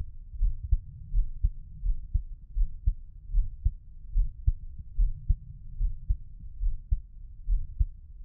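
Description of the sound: Soft, low, muffled thumps repeat steadily at about 73 beats a minute, with a faint low rumble between them. An adult's own heartbeat picked up close by a black 3Dio binaural microphone for ASMR, with no talking.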